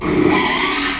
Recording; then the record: squeal of a Yucatan mini pig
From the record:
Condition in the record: after surgery on the right vocal fold (resection and tissue-engineered implant); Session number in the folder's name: 2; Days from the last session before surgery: 13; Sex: male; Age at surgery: 12 weeks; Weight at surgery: 13 kg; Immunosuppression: cyclosporine, prednisolone